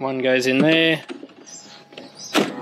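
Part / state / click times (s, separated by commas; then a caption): battery pack into cordless lawn mower / seated / 2.0 s. Someone talks as a power-tool battery pack is pushed into the battery slot of a cordless lawn mower. A short sliding scrape leads into a sharp click at 2.0 s, followed by a brief louder burst of noise. The battery is seated in the mower.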